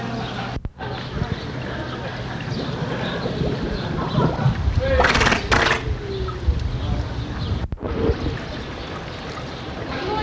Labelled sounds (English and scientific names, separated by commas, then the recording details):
Harbor Seal (Phoca vitulina)
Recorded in captivity
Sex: male
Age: adult
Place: Zoo Berlin, Berlin, DE
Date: 1985-08-01 10:14
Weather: overcast, 17°C
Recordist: Tembrock, Günter
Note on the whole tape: "Blubbern", Prusten an Wasseroberfläche